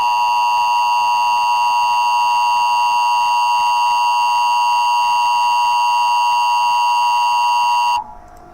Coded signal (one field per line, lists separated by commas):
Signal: Emergency Alert System (SAME) tones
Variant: 853 and 960 Hz attention tone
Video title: EAS Alert: Tornado Warning for Gulfport and Biloxi in Harrison County Mississippi 4/28/16